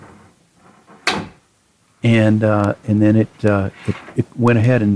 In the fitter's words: and you can hear it kind of snap into place